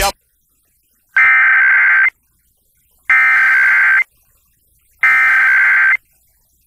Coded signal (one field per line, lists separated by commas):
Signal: Emergency Alert System (SAME) tones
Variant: header bursts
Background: speech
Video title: National EAS Test on the Las Vegas FM band